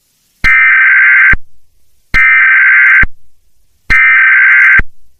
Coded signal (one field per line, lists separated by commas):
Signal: Emergency Alert System (SAME) tones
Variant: header bursts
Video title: (Eas Scenario/Analog Horror) Blue Moon Virus